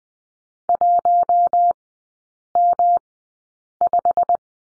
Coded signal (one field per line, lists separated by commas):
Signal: Morse code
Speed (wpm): 20 wpm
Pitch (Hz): 700 Hz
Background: none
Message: 1M5